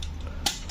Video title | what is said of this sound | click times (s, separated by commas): Unboxing + tutoriel Baby Lock Enlighten | J'ai entendu mon clic. | 0.5 s